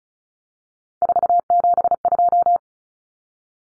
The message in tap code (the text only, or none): none